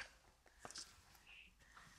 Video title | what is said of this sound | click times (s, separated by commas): Bissell Powerfresh V - Electric Floor Mop - REVIEW and DEMO | and you just have to click it in like this and you hear a lovely click | 0.6 s, 0.7 s